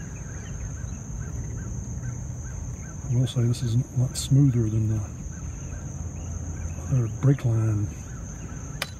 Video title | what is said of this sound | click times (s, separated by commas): Mini-Split DIY -Day Five - LineSet Installation Complete | set I got see it just snap | 8.8 s